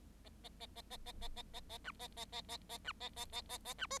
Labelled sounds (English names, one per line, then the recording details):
Bengalese Finch song
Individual Bird7